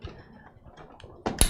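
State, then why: Seated. A stock CPU cooler push pin, a plastic tower, is pressed down through the motherboard mounting hole so its plastic piece locks into place. After a quiet, low rustle, a sharp plastic snap comes at 1.3 s and a second, louder click at 1.4 s as the pin seats.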